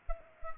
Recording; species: mosquito wingbeat signal from an infrared sensor; Culex pipiens